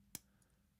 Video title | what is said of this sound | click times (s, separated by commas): The latest watches to come out of CHINA! | The bumps are quite pronounced. But yeah, locks into place nicely. | 0.1 s